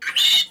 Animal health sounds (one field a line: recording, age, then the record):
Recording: pig call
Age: piglet (1 to 25 days)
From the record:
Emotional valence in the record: negative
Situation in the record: restrain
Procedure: sham castration, cut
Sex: male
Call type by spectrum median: high-frequency call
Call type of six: high-frequency modulated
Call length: 0.51 s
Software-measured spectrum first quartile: 2813 Hz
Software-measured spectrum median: 3506 Hz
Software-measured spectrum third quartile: 3937 Hz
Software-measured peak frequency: 3659 Hz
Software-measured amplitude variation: 185 dB a second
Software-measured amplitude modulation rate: 18.8 a second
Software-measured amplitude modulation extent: 9.9 dB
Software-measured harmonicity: 6.4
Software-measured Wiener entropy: -2.87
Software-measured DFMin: 506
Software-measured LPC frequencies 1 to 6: 1549, 2071, 2942, 3676, 5697, 6708 Hz